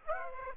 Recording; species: mosquito wingbeat signal from an infrared sensor; Aedes aegypti